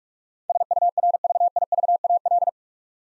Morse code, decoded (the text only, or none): SURVIVAL